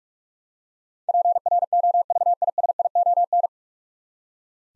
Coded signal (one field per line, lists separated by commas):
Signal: Morse code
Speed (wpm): 42 wpm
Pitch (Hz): 700 Hz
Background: none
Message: PROVISION